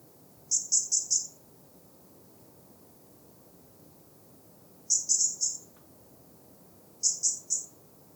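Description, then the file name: European robin calls, short bursts of three or four thin, very high notes, repeated three times with gaps of several seconds, over a quiet low hiss. "Erithacus rubecula"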